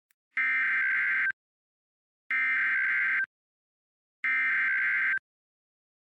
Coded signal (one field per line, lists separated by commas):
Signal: Emergency Alert System (SAME) tones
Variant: header bursts